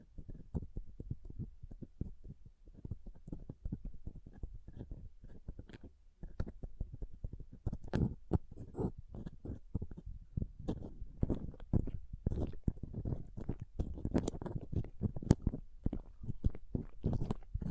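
A pom pom is rubbed and squished in dense, crackly, low rustles, briefly quieter near six seconds, then busier.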